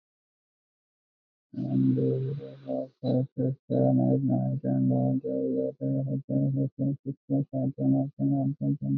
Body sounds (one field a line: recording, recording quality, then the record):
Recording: counting at a fast pace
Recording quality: moderate, slight background noise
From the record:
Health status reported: healthy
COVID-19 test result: not tested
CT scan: not taken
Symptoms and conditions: none ticked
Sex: male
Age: 26 years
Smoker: no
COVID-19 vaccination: both doses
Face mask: worn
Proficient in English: yes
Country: India